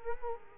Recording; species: mosquito wingbeat signal from an infrared sensor; Culex quinquefasciatus